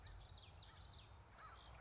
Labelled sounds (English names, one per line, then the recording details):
Common Yellowthroat
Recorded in Sonoma County, California